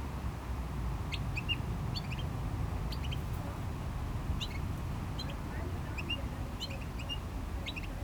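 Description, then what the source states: Small bird giving clusters of high chips and short twittered notes every second or so, against a low background roar of sea and traffic. Small bird in a bush by the GC-200 road, Agaete, Las Palmas, Spain; distant cars and waves audible; recorded with DPA-2006c AB pair into a MixPre-3.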